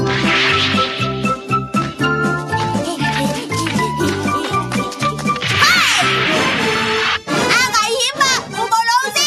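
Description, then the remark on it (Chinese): A sudden smack and crash as a cartoon teacher slams into a glass pane, cutting through bouncy cartoon music, with children's voices and a bright tinkling flourish around it. “你冇事啊嘛， 失败啊，佢真系失败啊，老师好论尽啦，睇住个玻璃都避唔开咯，”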